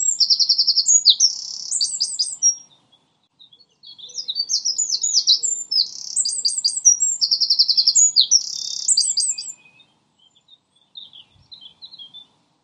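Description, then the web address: Common nightingale singing in bursts: fast throbbing trills and varied chirping notes, two long phrases separated by a brief pause, ending with softer scattered notes. Lodge Hill; more than one nightingale. "owen Lodge Hill nightingales"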